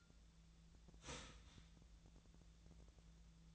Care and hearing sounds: daily activity, microphone in the room; start toaster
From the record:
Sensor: 3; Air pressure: 1009.3 hPa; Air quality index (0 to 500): 198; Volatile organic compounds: 16 ppm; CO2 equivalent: 2561 ppm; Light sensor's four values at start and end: 32/81/34/37 and 32/81/34/36

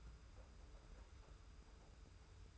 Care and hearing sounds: daily activity, microphone in the room; take from stove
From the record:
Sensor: 2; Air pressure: 991.0 hPa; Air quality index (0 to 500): 110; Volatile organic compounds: 48 ppm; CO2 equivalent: 3272 ppm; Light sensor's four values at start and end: 35/103/40/39 and 35/103/40/39

